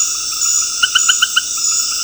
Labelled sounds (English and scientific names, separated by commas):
none